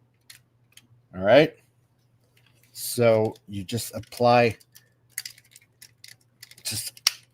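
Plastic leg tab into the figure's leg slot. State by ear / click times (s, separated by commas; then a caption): seated / 7.1 s. Someone talks while lightly pressing the plastic tab on the leg of a brand-new MX-41 Ground Bite Scrapper transforming figure into its matching leg slot, with a few faint plastic ticks along the way. A sharp click at 7.1 s marks the tab seating into place.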